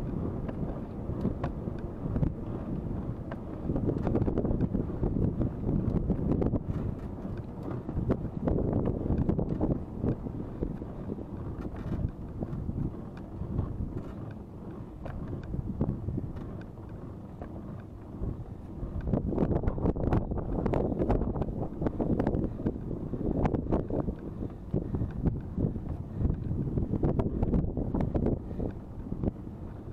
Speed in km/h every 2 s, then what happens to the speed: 25, 23, 20, 17, 15, 12, 11, 11, 11, 11, 11, 11, 11, 11, 12.
0-11 slows to 11. 11-30 steady at about 11.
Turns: none.